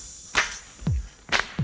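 Two sharp hand claps about a second apart, each followed shortly by a low, dull thump, forming a steady clap-thump pattern with no talking.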